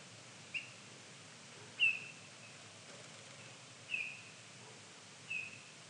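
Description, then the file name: Eurasian bullfinch uttering soft, mellow whistled notes at uneven intervals, one louder than the rest, with a quiet hissing background. "Pyrrhula pyrrhula"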